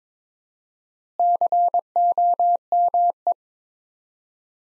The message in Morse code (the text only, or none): COME